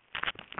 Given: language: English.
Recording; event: throat vibration sensor signal played as sound; swallow